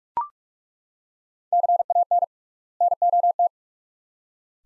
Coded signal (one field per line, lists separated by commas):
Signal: Morse code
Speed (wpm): 43 wpm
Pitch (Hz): 700 Hz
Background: none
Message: CAN NOT